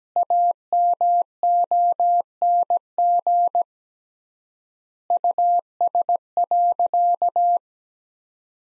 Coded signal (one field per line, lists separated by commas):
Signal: Morse code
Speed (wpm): 17 wpm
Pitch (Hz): 700 Hz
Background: none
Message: AMONG US.